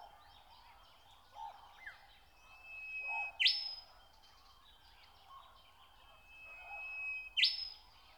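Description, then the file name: Nightingale song: a sustained thin whistle ending in a loud rising sweep, heard twice about four seconds apart, with soft chirps and twitters between. "Nature Sounds - Song of the nightingale (Zvyki com)"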